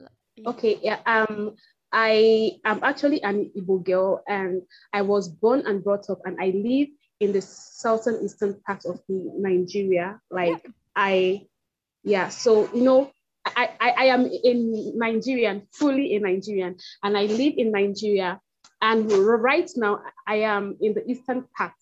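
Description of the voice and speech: An adult Nigerian woman speaks in clear, well-voiced sentences broken by stuttering: a repeated 'I, I, I', a drawn-out 'I' and 'in', glottal catches and hesitant pauses. These repetitions, prolongations and brief blocks are typical of a mild to moderate developmental stutter, present since she began speaking at about age two, with all five siblings and a great-grand-uncle also stuttering.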